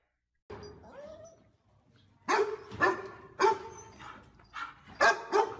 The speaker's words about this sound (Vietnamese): Bỗng bên ngoài tiếng chó sủa vang lên dữ dội. Không phải một con, mà dường như đến mấy con.